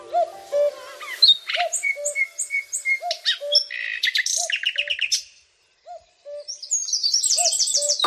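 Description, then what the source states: Common Nightingale song: varied phrases of repeated low piping notes, rapid high trills and buzzy chatters, a brief silence, then a fast high rattling phrase. Singing from a thicket in a garden in Surrey, England.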